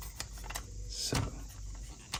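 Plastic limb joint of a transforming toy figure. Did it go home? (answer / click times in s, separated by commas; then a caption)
no / none. A plastic limb joint of a transforming plastic bear toy is handled as the toy is turned into a robot, with light plastic taps near 0.2 s, 0.6 s and 2.1 s and a brief rustle around 1.1 s. The joint is still being brought up and in, and nothing has seated or clicked yet.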